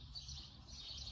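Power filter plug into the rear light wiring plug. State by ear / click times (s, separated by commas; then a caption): not seated / none. Someone handles the plus connector of a power supply filter against the rear light wiring plug of a 2014 Opel Corsa D 1.4 while installing a reversing camera, about to push the two together until they click. Only a steady low rumble and a faint high-pitched chirp-like hiss around 3–5 kHz are heard, with no sharp impacts. Nothing has seated or clicked yet.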